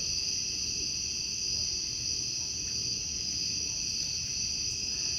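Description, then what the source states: A constant high cicada chorus, an unbroken shrill drone, with a soft low rumble below. Outdoor summer recording.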